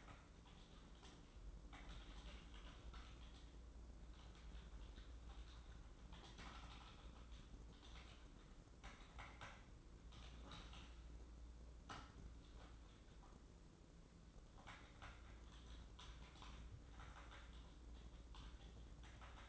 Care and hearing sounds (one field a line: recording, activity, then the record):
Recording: daily activity, microphone in the room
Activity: typing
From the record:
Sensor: 3